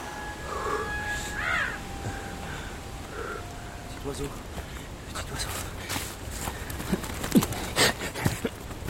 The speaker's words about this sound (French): Allez, viens là, mon cheval.